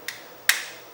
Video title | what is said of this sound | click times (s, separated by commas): CZ Scorpion Evo 3 S1 detailed Re-assembly steps | there we go you can hear it click in and go ahead and just screw down | 0.5 s